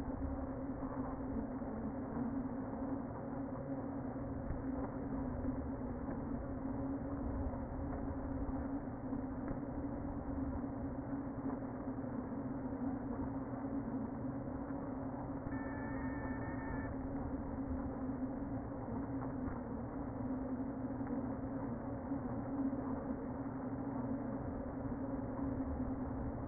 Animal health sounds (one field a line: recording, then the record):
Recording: honeybee colony, microphone inside the hive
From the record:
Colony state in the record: queen present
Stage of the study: before two queens were removed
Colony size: about 60,000 bees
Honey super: yes